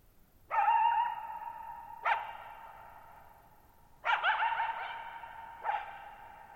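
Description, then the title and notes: Coyote delivering loud barks roughly every two seconds, with lingering echoes ringing between them in a still setting. Lone coyote vocalizing at night, July 14, 2019, shallow bowl-shaped meadow, Thirtymile Meadows, Okanogan National Forest, Okanogan High Country, Pacific Northwest, 6400 ft (1950 m), high dry plateau. "Lone Coyote at Thirtymile Meadows. I spent the night of July 14, 2019, camped near Thirtymile Meadows in the Okanogan National Forest at 6400 ft (1950 m)"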